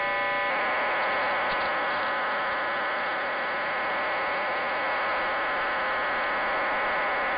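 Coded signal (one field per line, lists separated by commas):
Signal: numbers station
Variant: HM01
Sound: brief chord of many steady tones, then continuous dense hissing data warble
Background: radio static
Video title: 27 12 2021 Cuban Spy Number HM01 in Spanish 0628 on 10345 Bejucal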